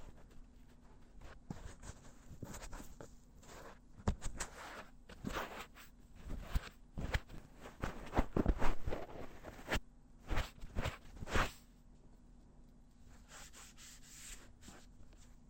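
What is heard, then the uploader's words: Ear massage with lotion: soft rubbing and wet, squishy strokes come in irregular bursts, sparse at first and thickening into a busy cluster from about seven to eleven seconds before easing off. A faint steady low hum runs underneath throughout. ASMR×KU100 | 乳液耳朵按摩 | Ear Massage | NO Talking.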